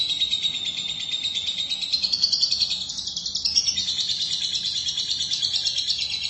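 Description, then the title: Lovebird song: a long, dense, rapid buzzy chatter held high, wavering up and down, with brief dips in pitch, continuous throughout. "Suara Burung Lovebird"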